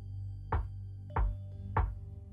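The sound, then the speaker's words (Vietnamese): Three steady knocks on a door, evenly spaced about half a second apart, each a dull, low thud over a quiet background hum. “Không thấy bà Tuyết trả lời, tiếng gõ cửa vẫn đều đặn vang lên.”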